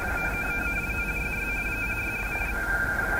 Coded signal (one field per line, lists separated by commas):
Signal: RTTY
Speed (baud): 45.45 baud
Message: 99 066 066